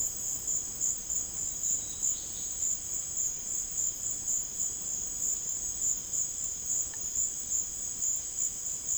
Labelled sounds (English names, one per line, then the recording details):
none
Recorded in dense forest near Puerto Asís, Putumayo, Colombia, on 12 March 2025 at 16:30
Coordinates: 0.500, -76.322
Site GP06